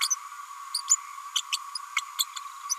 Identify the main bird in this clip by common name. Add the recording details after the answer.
Green-rumped Parrotlet. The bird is a female. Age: 31 days. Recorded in a nest box in Venezuela. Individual 17B102A6